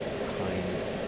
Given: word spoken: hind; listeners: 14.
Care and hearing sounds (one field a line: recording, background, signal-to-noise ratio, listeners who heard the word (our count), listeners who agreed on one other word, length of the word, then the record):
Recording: one English word in noise, from a listening test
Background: speech-shaped noise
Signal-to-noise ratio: -4.0 dB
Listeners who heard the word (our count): 1 of 14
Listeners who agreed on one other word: 11 of 14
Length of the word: 0.68 s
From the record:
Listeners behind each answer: 11, 1, 1, 1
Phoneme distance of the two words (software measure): 10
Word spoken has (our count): 1 syllable, 4 phonemes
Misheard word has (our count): 1 syllable, 4 phonemes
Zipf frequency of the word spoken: 3.37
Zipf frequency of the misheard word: 5.60